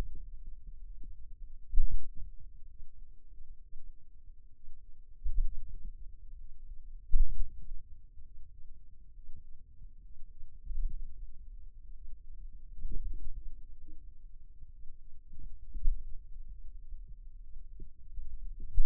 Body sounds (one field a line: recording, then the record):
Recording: forearm muscle sounds (acoustic myography)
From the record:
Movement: pen grasping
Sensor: system 2, bracelet of six BSWA MPA416 microphones around the upper forearm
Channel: 5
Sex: male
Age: 22 years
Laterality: right